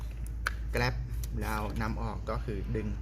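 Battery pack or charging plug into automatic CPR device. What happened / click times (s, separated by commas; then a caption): The plug or pack latched into its socket / 0.5 s. A battery pack or 24-volt DC charging plug is pushed into its socket on a Defibtech Lifeline ARM automatic CPR device and locks into place with a sharp, loud click at 0.5 s. Softer ticks come just before it, and then a man talks over a steady low hum.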